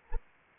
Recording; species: mosquito wingbeat signal from an infrared sensor; Anopheles arabiensis